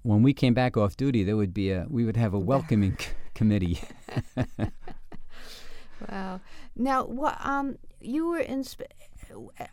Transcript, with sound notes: When we came back off duty there would be, we would have a welcoming committee. (laughter)
Wow. Now what--? You were--?